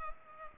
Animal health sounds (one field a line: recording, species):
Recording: mosquito wingbeat signal from an infrared sensor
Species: Culex pipiens